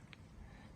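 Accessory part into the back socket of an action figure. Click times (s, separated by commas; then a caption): 0.1 s. An accessory part is aligned and plugged into the back socket of a Bandai Metal Build Gundam Dynames Repair III die-cast action figure. A single short, sharp click sounds at 0.1 s over a quiet background, and the part seats firmly in place.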